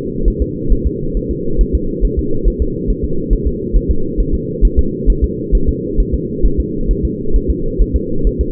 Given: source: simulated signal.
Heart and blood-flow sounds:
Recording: fetal heart sounds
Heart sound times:
0.28 s: S1
0.42 s: S2
0.72 s: S1
0.86 s: S2
1.17 s: S1
1.31 s: S2
1.61 s: S1
1.75 s: S2
2.05 s: S1
2.19 s: S2
2.48 s: S1
2.62 s: S2
2.90 s: S1
3.04 s: S2
3.33 s: S1
3.47 s: S2
3.76 s: S1
3.91 s: S2
4.20 s: S1
4.34 s: S2
4.65 s: S1
4.79 s: S2
5.10 s: S1
5.24 s: S2
5.55 s: S1
5.69 s: S2
6.00 s: S1
6.14 s: S2
6.46 s: S1
6.60 s: S2
6.91 s: S1
7.05 s: S2
7.36 s: S1
7.50 s: S2
7.82 s: S1
7.96 s: S2
8.27 s: S1
8.41 s: S2
From the record:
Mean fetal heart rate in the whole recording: 135 bpm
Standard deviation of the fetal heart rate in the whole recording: 3 bpm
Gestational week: 36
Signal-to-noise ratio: -8.1 dB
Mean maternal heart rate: 72 bpm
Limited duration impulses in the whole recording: absent

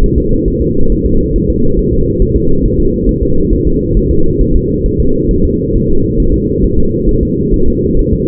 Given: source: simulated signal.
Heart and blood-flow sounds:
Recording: fetal heart sounds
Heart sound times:
0.04 s: S1
0.18 s: S2
0.48 s: S1
0.62 s: S2
0.92 s: S1
1.06 s: S2
1.36 s: S1
1.50 s: S2
1.79 s: S1
1.94 s: S2
2.22 s: S1
2.37 s: S2
2.65 s: S1
2.80 s: S2
3.09 s: S1
3.23 s: S2
3.53 s: S1
3.67 s: S2
3.97 s: S1
4.11 s: S2
4.41 s: S1
4.56 s: S2
4.86 s: S1
5.00 s: S2
5.31 s: S1
5.45 s: S2
5.75 s: S1
5.90 s: S2
6.20 s: S1
6.34 s: S2
6.64 s: S1
6.79 s: S2
7.09 s: S1
7.23 s: S2
7.54 s: S1
7.68 s: S2
7.99 s: S1
8.13 s: S2
From the record:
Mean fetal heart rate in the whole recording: 135 bpm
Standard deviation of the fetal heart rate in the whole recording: 3 bpm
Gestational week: 36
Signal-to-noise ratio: -17.7 dB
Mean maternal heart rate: 72 bpm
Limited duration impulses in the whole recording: present

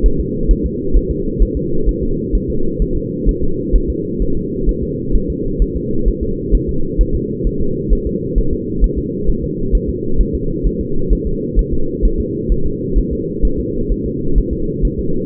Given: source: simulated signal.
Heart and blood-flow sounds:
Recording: fetal heart sounds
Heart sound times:
0.06 s: S1
0.20 s: S2
0.51 s: S1
0.66 s: S2
0.97 s: S1
1.11 s: S2
1.42 s: S1
1.57 s: S2
1.89 s: S1
2.03 s: S2
2.35 s: S1
2.50 s: S2
2.82 s: S1
2.97 s: S2
3.29 s: S1
3.43 s: S2
3.75 s: S1
3.90 s: S2
4.22 s: S1
4.37 s: S2
4.69 s: S1
4.83 s: S2
5.16 s: S1
5.30 s: S2
5.62 s: S1
5.77 s: S2
6.08 s: S1
6.23 s: S2
6.55 s: S1
6.69 s: S2
7.01 s: S1
7.15 s: S2
7.47 s: S1
7.61 s: S2
7.93 s: S1
8.07 s: S2
8.38 s: S1
8.53 s: S2
8.84 s: S1
8.98 s: S2
9.29 s: S1
9.44 s: S2
9.75 s: S1
9.90 s: S2
10.21 s: S1
10.35 s: S2
10.67 s: S1
10.81 s: S2
11.13 s: S1
11.27 s: S2
11.59 s: S1
11.74 s: S2
12.05 s: S1
12.20 s: S2
12.52 s: S1
12.66 s: S2
12.98 s: S1
13.13 s: S2
13.45 s: S1
13.59 s: S2
13.92 s: S1
14.06 s: S2
14.38 s: S1
14.53 s: S2
14.85 s: S1
14.99 s: S2
From the record:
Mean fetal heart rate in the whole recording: 130 bpm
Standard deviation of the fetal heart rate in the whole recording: 2 bpm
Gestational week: 36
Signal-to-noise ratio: -8.1 dB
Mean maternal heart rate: 72 bpm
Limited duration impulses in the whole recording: absent

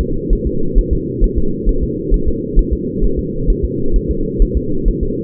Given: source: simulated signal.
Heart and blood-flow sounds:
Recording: fetal heart sounds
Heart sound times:
0.01 s: S2
0.33 s: S1
0.47 s: S2
0.78 s: S1
0.93 s: S2
1.24 s: S1
1.38 s: S2
1.69 s: S1
1.83 s: S2
2.14 s: S1
2.28 s: S2
2.59 s: S1
2.73 s: S2
3.04 s: S1
3.19 s: S2
3.50 s: S1
3.65 s: S2
3.96 s: S1
4.11 s: S2
4.42 s: S1
4.57 s: S2
4.88 s: S1
5.03 s: S2
From the record:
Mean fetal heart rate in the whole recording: 130 bpm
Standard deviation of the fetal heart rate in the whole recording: 2 bpm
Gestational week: 38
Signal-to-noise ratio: -8.1 dB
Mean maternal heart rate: 72 bpm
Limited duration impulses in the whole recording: absent

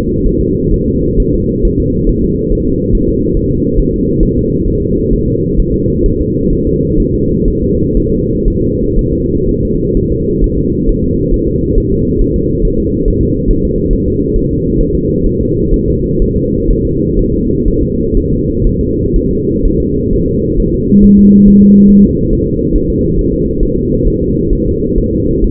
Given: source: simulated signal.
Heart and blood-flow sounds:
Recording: fetal heart sounds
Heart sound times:
0.27 s: S1
0.41 s: S2
0.74 s: S1
0.88 s: S2
1.20 s: S1
1.34 s: S2
1.65 s: S1
1.80 s: S2
2.09 s: S1
2.24 s: S2
2.52 s: S1
2.67 s: S2
2.95 s: S1
3.09 s: S2
3.37 s: S1
3.52 s: S2
3.80 s: S1
3.94 s: S2
4.23 s: S1
4.38 s: S2
4.68 s: S1
4.82 s: S2
5.13 s: S1
5.28 s: S2
5.59 s: S1
5.74 s: S2
6.06 s: S1
6.21 s: S2
6.53 s: S1
6.67 s: S2
7.00 s: S1
7.14 s: S2
7.48 s: S1
7.62 s: S2
7.97 s: S1
8.12 s: S2
8.48 s: S1
8.62 s: S2
8.99 s: S1
9.13 s: S2
9.49 s: S1
9.63 s: S2
9.97 s: S1
10.12 s: S2
10.44 s: S1
10.59 s: S2
10.89 s: S1
11.04 s: S2
11.34 s: S1
11.48 s: S2
11.78 s: S1
11.92 s: S2
12.22 s: S1
12.36 s: S2
12.65 s: S1
12.80 s: S2
13.08 s: S1
13.23 s: S2
13.51 s: S1
13.65 s: S2
13.93 s: S1
14.08 s: S2
14.36 s: S1
14.51 s: S2
14.81 s: S1
14.95 s: S2
15.27 s: S1
15.41 s: S2
15.74 s: S1
15.88 s: S2
16.22 s: S1
16.36 s: S2
16.71 s: S1
16.85 s: S2
17.19 s: S1
17.34 s: S2
17.68 s: S1
17.83 s: S2
18.17 s: S1
18.32 s: S2
18.67 s: S1
18.81 s: S2
19.16 s: S1
19.31 s: S2
19.65 s: S1
19.80 s: S2
20.13 s: S1
20.28 s: S2
20.60 s: S1
20.74 s: S2
21.04 s: S1
21.19 s: S2
21.48 s: S1
21.62 s: S2
21.90 s: S1
22.05 s: S2
22.33 s: S1
22.47 s: S2
22.76 s: S1
22.90 s: S2
23.19 s: S1
23.33 s: S2
23.63 s: S1
23.77 s: S2
24.08 s: S1
24.22 s: S2
24.53 s: S1
24.67 s: S2
24.98 s: S1
25.13 s: S2
25.44 s: S1
From the record:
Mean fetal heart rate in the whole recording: 130 bpm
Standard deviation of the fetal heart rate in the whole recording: 4 bpm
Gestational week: 38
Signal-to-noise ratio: -10.2 dB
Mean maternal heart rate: 72 bpm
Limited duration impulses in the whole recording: present

